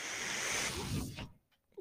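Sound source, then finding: Home mechanical ventilator. Mechanical ventilator airflow.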